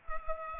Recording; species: mosquito wingbeat signal from an infrared sensor; Culex pipiens